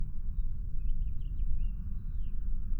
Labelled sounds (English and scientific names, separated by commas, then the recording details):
House Finch (Haemorhous mexicanus) song
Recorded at Long Beach on Long Island, New York, on 2 June 1975
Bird A